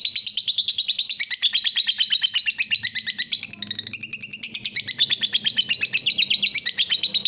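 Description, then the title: Yellow-vented bulbul chatter in a fast, steady run of sharp, high twittering notes, with a short shift in pattern around the middle before the stream resumes. Used as a bird lure (pikat). "PIKAT TRUCUKAN"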